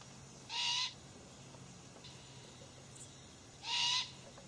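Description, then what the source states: Great horned owl chick giving two harsh, hissing screeches about three seconds apart. Fledgling chick calling its mother.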